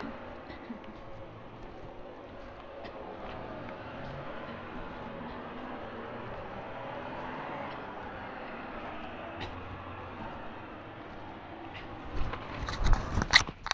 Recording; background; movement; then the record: throat clearing; traffic; walking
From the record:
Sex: female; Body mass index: 25.5 kg/m2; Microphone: on the chest, facing outward